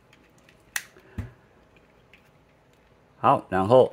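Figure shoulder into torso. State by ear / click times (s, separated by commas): seated / 0.8 s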